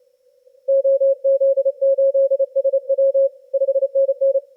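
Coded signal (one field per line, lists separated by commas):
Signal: Morse code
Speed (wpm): 31 wpm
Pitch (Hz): 540 Hz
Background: none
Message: OZ8SW 5NN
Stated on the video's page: Reception on 20/15/10 m with a Yaesu FTdx10 and HyGain AV620 vertical through an RFI/EMI filter and common-mode choke for noise suppression.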